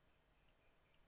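A micro SD card is being handled at the spring-loaded socket of an Arduino SD card module, with only low, steady handling noise and a couple of faint high ticks around 0.5 and 0.9 seconds. The card has not yet been pushed home, so nothing has seated or clicked yet.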